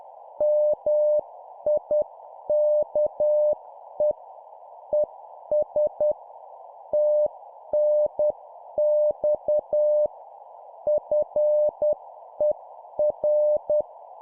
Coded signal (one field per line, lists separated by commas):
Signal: Morse code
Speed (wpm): 10 wpm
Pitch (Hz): 600 Hz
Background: none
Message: MIKE ES TNX FER